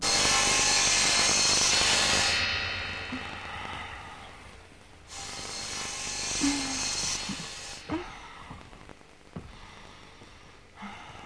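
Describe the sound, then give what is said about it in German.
Saws in the Chapmans' large sawmill in Seattle cut through wood in three long, loud rasping bursts with short lulls between them, where scattered knocks and thuds can be heard. “Die Chapmans haben dort ein großes Sägewerk.”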